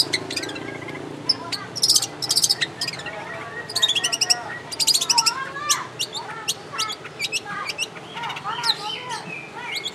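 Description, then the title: Long-tailed shrike song: a dense, hurried jumble of chirps, trills, squeaks and slurred whistles, changing phrase every moment without pause. Champion singing bird. "Kicau Burung Cendet Juara"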